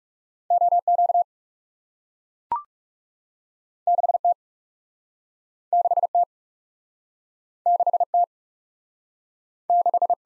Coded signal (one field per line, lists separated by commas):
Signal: Morse code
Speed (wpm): 40 wpm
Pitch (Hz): 700 Hz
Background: none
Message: O Q 6 T 6 T 6 T 6